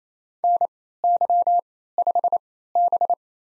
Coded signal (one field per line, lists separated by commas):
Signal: Morse code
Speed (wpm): 27 wpm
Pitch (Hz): 700 Hz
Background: none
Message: NY5B